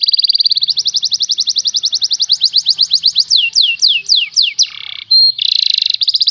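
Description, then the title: Canary delivering a fast, high rolling trill that slows into separate downward-swooping whistles, then breaks into a rapid buzzy roll. Master recording of the song of a canary that is a national contest champion. "Masteran Kenari Lomba Juara Nasional"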